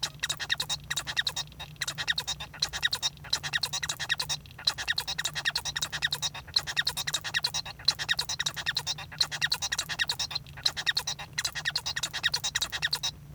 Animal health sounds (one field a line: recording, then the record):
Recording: song of a male Bengalese finch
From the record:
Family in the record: son of father 1